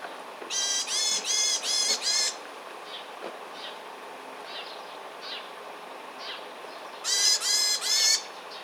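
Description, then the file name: Varied tit calling with two bursts of grating, nasal buzzes, five quick notes then three, separated by faint, thin, high notes. "Parus varius"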